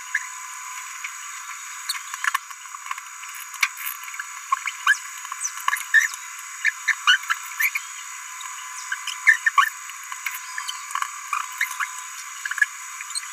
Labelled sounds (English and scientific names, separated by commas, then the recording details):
Green-rumped Parrotlet (Forpus passerinus) babbling
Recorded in a nest box in Venezuela
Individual 18B17A3